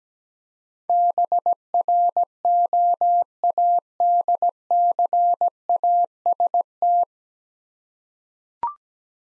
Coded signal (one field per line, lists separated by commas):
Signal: Morse code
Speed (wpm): 17 wpm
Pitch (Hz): 700 Hz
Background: none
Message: BROADCAST